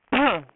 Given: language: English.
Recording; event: throat vibration sensor signal played as sound; cough